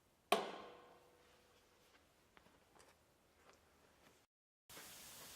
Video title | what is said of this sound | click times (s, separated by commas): Troubleshooting AB1008, AB1258, AB1758, AB2158 | if they're not push them on until an audible click is heard | 0.3 s